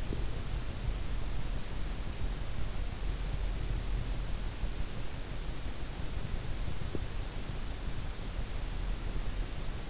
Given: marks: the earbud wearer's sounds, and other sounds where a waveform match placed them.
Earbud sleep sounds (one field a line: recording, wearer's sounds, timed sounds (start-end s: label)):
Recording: sounds in sleep by an in-ear microphone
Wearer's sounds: teeth grinding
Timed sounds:
0.00-0.32 s: teeth grinding
6.85-7.14 s: teeth grinding